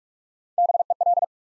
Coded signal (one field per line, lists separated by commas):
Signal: Morse code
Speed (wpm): 44 wpm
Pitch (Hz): 700 Hz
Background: none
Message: BEL